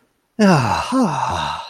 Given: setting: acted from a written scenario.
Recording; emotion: vocal sound without words; ecstasy